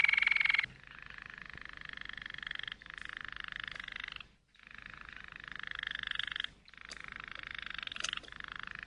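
Canary song: fairly soft, rapid trills run as a long series of tours, with short pauses and a change of trill type every few seconds.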